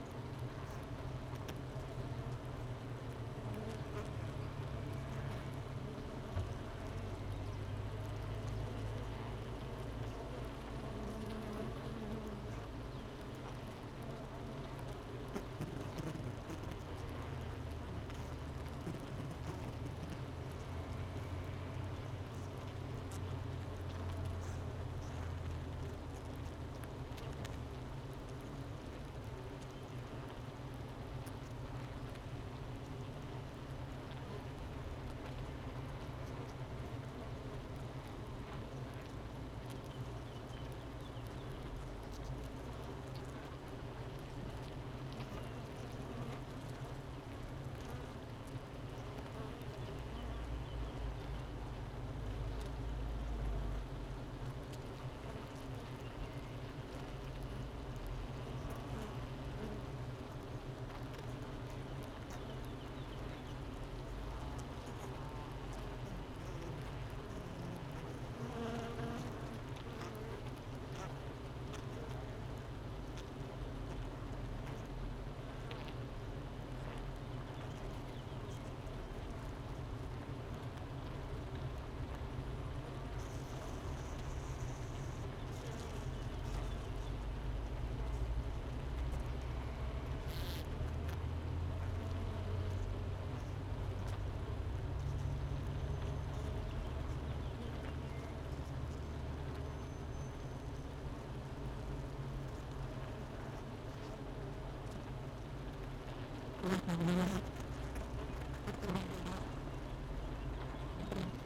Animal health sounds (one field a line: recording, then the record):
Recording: honeybee colony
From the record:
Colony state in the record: missing queen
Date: 31 May 2018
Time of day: 9:25